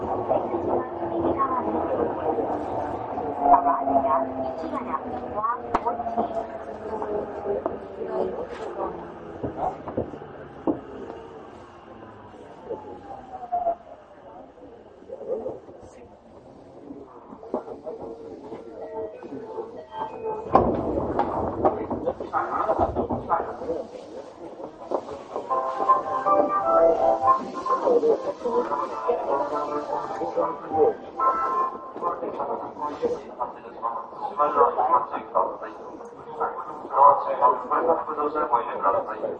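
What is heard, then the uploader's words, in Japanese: Inside a subway train, motor whine glides downward over the first fifteen seconds as the train slows, easing to a brief lull. Around twenty seconds loud bursts break in, then a dense, rattling rumble builds as the train runs on, with faint voices underneath. 東京メトロ7000系 新木場〜練馬。車体は20m両開き4扉のアルミニウム合金製。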